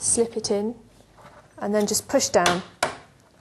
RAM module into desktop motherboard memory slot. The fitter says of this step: and those clips snap into place so that's it that's all you need to do in terms of hardware